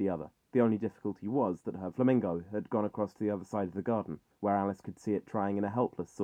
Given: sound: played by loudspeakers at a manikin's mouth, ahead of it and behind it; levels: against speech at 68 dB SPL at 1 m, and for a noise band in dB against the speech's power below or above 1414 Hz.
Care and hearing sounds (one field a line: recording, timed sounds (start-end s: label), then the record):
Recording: test signals for a remote microphone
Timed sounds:
0.00-6.24 s: man speaking
From the record:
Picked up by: measurement microphone